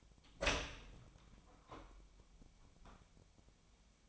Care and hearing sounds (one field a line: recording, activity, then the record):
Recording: daily activity, microphone in the room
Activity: open door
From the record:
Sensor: 1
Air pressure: 1007.2 hPa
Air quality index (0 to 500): 199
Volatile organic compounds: 20 ppm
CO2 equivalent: 2684 ppm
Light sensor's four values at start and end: 13/32/13/14 and 13/33/13/15